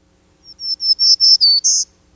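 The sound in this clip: Black-throated green warbler singing a short run of high buzzy notes that grow louder, dip slightly in pitch, then end on a higher buzz.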